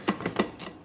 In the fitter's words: it just clicks into place and then you have all these different settings so you can do like